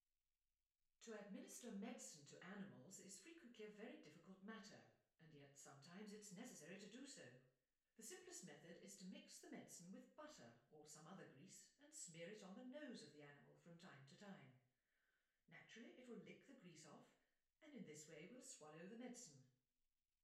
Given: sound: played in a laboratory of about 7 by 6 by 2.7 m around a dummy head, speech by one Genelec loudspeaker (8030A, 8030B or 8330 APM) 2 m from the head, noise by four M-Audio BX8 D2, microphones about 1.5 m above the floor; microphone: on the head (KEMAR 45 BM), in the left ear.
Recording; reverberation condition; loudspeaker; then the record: female speech in English; medium; 90 degrees to the right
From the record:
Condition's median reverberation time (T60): about 510 ms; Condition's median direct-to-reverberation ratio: about -0.5 dB